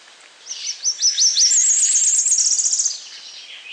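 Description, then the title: Tropical parula song: several high sliding notes that speed into a fast, very high buzzy trill lasting about a second and a half. "LuckyPassaro Completos2Sama. Tropical Parula (Setophaga pitiayumi)"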